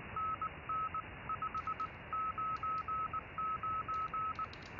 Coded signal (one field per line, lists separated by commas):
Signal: Morse code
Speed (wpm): 19 wpm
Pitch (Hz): 1290 Hz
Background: none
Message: NN 599